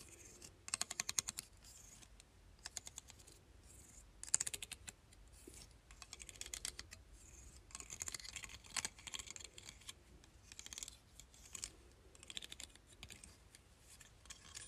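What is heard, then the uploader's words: Hair clips clatter and tap in quick, irregular bursts of bright clicks, with brief pauses between flurries and a soft low rumble underneath. ASMR: Hair Clips.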